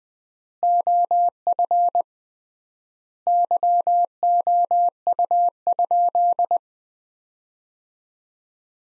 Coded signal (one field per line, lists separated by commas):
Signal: Morse code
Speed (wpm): 21 wpm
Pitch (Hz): 700 Hz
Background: none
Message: OF YOU?